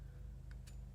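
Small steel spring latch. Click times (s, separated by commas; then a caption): 0.5 s, 0.7 s. During reassembly of a Ruger SR1911 pistol, the steel magazine release is pushed into the frame with a finger while its lock is turned clockwise with a small screwdriver until it catches its spring. Two short, bright clicks sound at 0.5 s and 0.7 s over a steady low hum. The magazine release seats and is back under spring tension.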